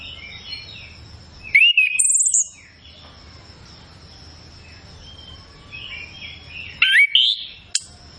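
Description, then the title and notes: Chestnut-capped thrush song: slurred whistled notes mixed with a high scratchy buzz, repeated after a pause of about four seconds. Song filled with varied phrases (isian), used as a lure to prompt a kept thrush to sing loudly and freely (ngeplong). "Masteran Anis Kembang Full Isian Untuk Suara Pancingan Anis Kembang Agar Cepat Ngeplong. Suara Burung Anis Kembang"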